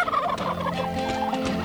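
Turkey gobble, a fast throaty warbling rattle.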